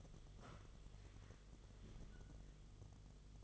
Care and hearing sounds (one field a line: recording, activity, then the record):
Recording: daily activity, microphone in the room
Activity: sit down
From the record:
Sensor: 4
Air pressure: 1005.9 hPa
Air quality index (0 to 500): 112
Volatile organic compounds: 3 ppm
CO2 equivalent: 1403 ppm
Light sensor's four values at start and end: 13/28/11/10 and 13/28/11/10